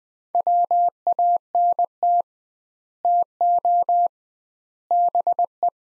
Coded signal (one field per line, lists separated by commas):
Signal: Morse code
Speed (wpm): 20 wpm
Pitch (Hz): 700 Hz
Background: none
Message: WANT TO BE